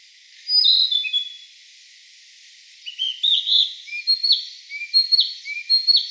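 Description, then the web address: Narcissus flycatcher song: a clear whistled phrase, a pause, then a run of repeated bright, slurred whistles with lower soft notes between them. Recorded 3 May 2017. "birdenaga kibitaki"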